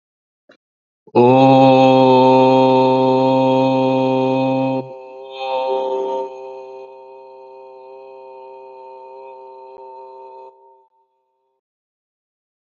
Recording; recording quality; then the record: sustained vowel as in boot; excellent, no background noise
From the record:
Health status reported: healthy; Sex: male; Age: 31 years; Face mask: not worn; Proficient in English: yes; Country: India